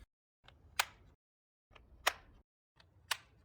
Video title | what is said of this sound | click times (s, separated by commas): Tips and Tricks For Teachers Conducting a VR Lesson | then attach the spacer to the headset which clicks in place when it is attached | 0.8 s, 2.1 s, 3.1 s